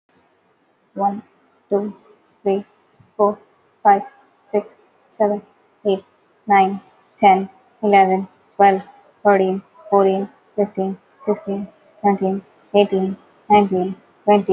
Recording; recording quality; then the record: counting at a normal pace; excellent, no background noise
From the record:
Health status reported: COVID-19 positive, mild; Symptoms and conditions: cough, cold, sore throat, fever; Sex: female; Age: 23 years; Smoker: not ticked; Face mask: not worn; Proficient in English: yes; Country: India